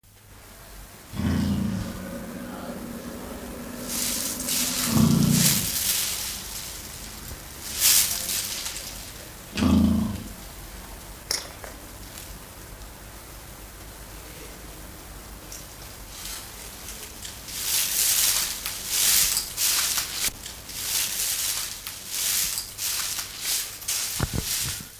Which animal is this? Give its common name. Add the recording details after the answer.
Emu. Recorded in captivity. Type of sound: booming. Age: adult. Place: Zoo Rostock, Mecklenburg-Vorpommern, DE. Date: 1984-02-02 13:46. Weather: bedeckt, leichter Regen, 2°C. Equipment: Nagra SN, Kopie Uher 4000 Report Monitor. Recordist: Tembrock, Günter. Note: Langlaute ("Brummen")